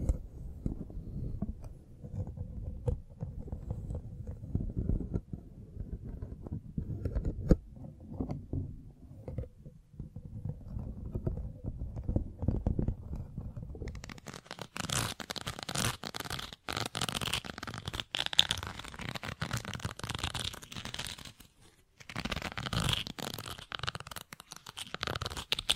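Muffled, low brushing against a mic for about fourteen seconds, then dense, bright, crackling scratching with brief pauses near sixteen and twenty-two seconds.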